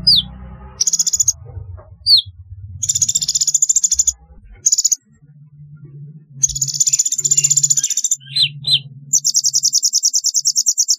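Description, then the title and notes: Sunbird giving high buzzy trilled phrases and a few swept chip notes over an intermittent low rumbling background noise. "Kicau Burung Kolibri"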